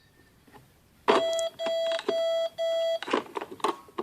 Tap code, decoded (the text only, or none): none